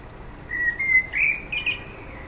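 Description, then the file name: Common blackbird song phrase, several smooth whistled notes that swell and slide upward, finishing in a slightly higher warble against faint steady hiss. "Turdus merula"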